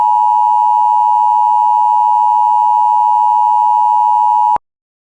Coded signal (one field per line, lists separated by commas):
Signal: Emergency Alert System (SAME) tones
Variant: 853 and 960 Hz attention tone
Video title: 2x Tornado Watch 202 and EAS test (EAS #153-155)